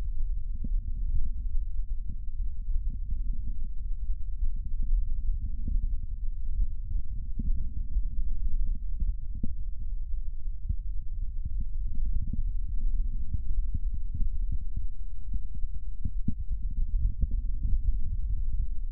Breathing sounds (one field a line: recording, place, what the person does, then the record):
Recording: lung sounds by stethoscope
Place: left anterior apical chest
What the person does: quiet breathing, then deep breathing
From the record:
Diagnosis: interstitial lung disease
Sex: female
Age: 53 years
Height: 168 cm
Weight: 108 kg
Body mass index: 38.3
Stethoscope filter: bell mode